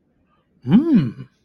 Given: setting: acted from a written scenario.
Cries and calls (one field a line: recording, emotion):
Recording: vocal sound without words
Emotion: desire